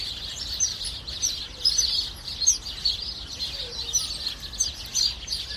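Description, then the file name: Sparrow chirps in a busy, continuous chatter of many birds, short bright notes overlapping with a few louder bursts. "spatzen"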